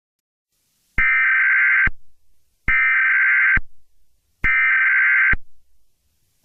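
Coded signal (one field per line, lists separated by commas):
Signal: Emergency Alert System (SAME) tones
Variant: header bursts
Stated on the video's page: Fictional EAS scenario, not a real alert.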